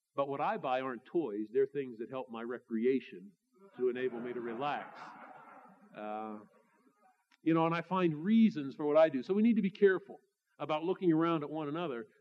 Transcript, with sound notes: But what I buy aren't toys. They're things that help my recreation to enable me to relax. (laughter) You know and I find reasons for what I do so we need to be careful about looking around at one another.